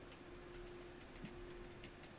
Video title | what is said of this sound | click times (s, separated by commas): #Livestream What If (Episode 1)? #live #lego #afol #moc | now that side's popping off. | 1.0 s, 1.2 s, 1.5 s, 1.8 s, 2.0 s